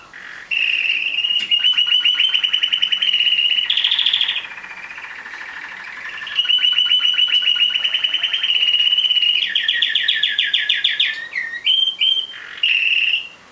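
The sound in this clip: Domestic canary singing a long run of rapid rolling trills and steady high tours, each lasting a few seconds, with brief breaks and sharp upslurred notes near the end.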